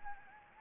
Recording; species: mosquito wingbeat signal from an infrared sensor; Anopheles gambiae